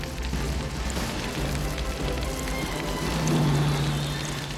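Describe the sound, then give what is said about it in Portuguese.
A hailstorm pelts down in a dense, steady clatter of countless tiny impacts, loud and unbroken, with a low droning hum running underneath. “Granizo, chuva de granizo.”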